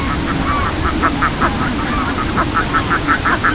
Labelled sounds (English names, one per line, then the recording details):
Red-throated Loon
unidentified sound
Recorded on Arctic tundra, site CORI-1, on 16 June 2018
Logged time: 06:00